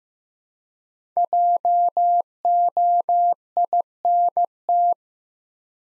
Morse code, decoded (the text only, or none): JOINT